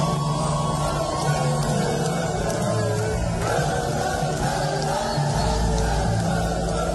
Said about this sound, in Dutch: Ja, dansende en springende menigte in biddinghuizen. Zelfs een Europese vlag in het publiek.